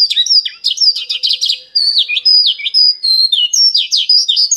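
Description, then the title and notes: Bird song, quick high chirps and down-slurred whistled notes delivered in a lively, irregular string. Birdsong for training pet birds. "Suara Burung. Suara Kicauan Burung untuk memaster burung kesayangan"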